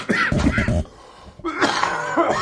There's a cough. It's just clearing up, though.